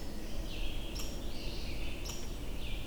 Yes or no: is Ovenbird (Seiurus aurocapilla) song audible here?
no